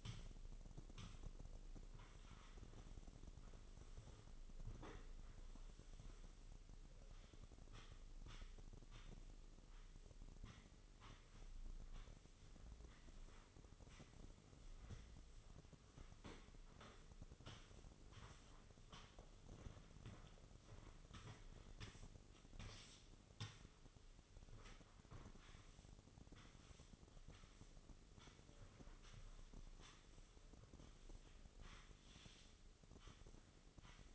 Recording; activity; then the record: daily activity, microphone in the room; sweep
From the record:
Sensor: 4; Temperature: 26.8 degrees Celsius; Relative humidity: 28.1%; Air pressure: 996.7 hPa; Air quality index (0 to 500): 87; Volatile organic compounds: 4 ppm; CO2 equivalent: 1684 ppm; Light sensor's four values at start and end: 20/53/21/22 and 20/55/21/23